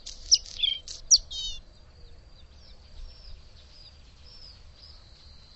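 Bird chirping calls: a quick cluster of sharp, sweeping high chirps in the first second and a half, then scattered faint thin notes, ending with one abrupt loud note.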